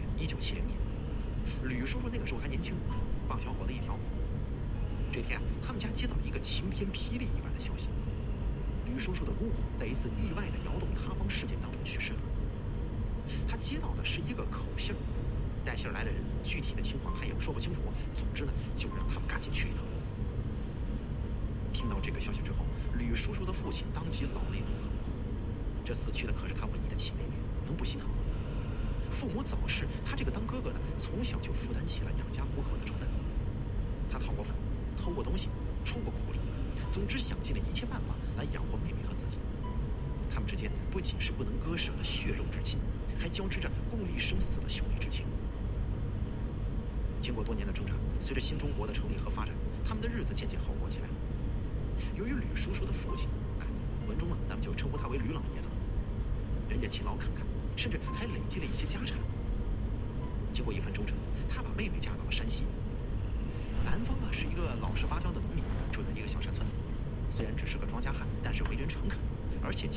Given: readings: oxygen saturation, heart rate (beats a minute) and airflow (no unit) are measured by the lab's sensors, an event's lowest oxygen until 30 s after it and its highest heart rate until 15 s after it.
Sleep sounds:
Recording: a person awake in a sleep study, by a smartphone at the bedside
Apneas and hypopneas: none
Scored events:
0.00-69.97 s: awake
From the record:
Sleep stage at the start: awake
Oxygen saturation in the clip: 94 to 95%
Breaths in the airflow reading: 14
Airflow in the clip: -1.9 to 3.2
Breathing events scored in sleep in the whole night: 335 in 6.7 hours asleep

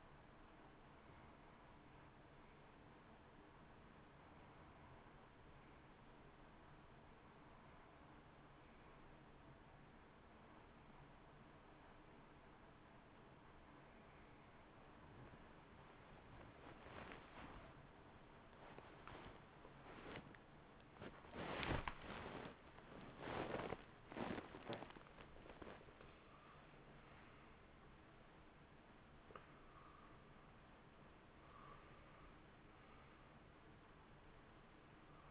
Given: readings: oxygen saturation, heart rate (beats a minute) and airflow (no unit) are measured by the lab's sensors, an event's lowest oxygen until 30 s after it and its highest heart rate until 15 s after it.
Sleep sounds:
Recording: a person awake in a sleep study, by a voice recorder at the bedside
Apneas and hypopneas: 1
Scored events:
2.00-32.00 s: new sleep stage, awake
5.00-24.30 s: hypopnea (scored as awake, oxygen 90% highest, then 90% lowest, heart rate 61 at the start, 79 highest)
5.00-33.00 s: awake
32.00-35.31 s: new sleep stage, N1 (lightest sleep)
From the record:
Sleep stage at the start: N1 (lightest sleep)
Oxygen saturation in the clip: 90 to 93%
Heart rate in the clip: 61 to 79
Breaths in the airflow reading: 15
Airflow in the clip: -1.5 to 2.3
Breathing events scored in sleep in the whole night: 328 in 6.3 hours asleep

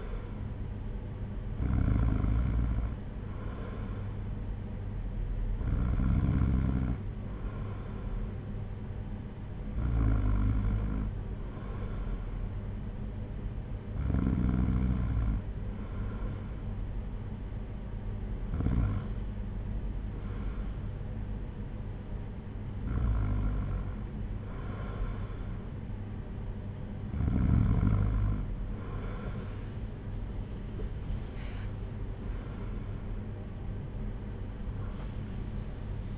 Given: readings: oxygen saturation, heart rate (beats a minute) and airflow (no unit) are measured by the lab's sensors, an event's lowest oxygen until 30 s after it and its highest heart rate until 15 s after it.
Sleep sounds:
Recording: breathing in sleep by a smartphone at the bedside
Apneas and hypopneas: none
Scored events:
none scored
From the record:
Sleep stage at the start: N2 (light sleep)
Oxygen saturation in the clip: 94%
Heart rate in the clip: 55 to 68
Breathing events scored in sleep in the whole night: 226 in 8.8 hours asleep

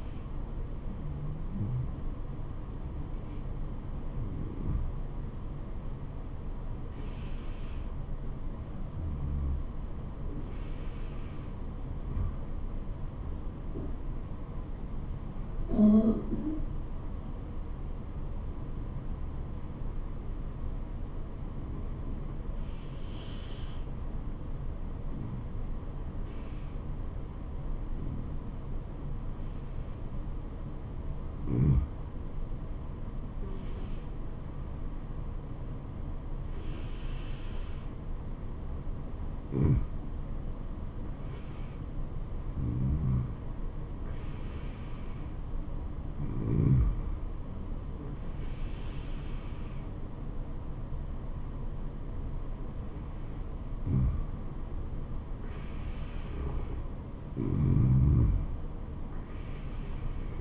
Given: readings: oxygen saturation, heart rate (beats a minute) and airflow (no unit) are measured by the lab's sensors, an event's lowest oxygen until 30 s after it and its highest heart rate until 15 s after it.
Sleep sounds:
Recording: breathing in sleep by a smartphone at the bedside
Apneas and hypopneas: none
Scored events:
27.00-60.41 s: new sleep stage, N2 (light sleep)
From the record:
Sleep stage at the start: N1 (lightest sleep)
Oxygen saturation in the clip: 94 to 96%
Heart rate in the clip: 68 to 77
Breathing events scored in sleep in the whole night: 426 in 7.4 hours asleep

